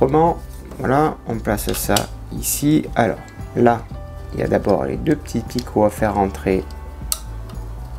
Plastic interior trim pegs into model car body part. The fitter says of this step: au dessus voilà là ça vient se clipser et